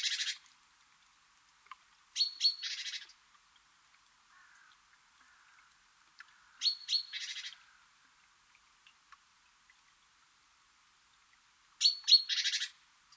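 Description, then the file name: Great tit call: two thin high notes followed by a harsh buzzy churr, repeated a few times at uneven intervals. "Parus major"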